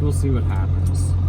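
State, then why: Not seated. Someone talks while handling the headlight switch knob rod, which is being pushed into the headlight switch in the dashboard of a 1997 Ram 2500, over a steady low hum. Nothing has seated or clicked yet.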